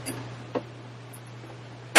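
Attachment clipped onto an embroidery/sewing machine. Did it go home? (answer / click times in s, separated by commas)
no / none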